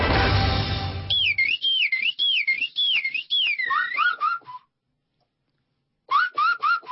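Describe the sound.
Bird song imitated by a performer from Taipingqiao Subdistrict, Fengtai, Beijing, blowing on an ordinary toothpaste tube: warbling, wavering high whistles in quick repeated phrases, then a short pause and a few more bright chirping trills.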